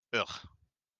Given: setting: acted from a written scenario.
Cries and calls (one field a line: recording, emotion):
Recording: vocal sound without words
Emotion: contempt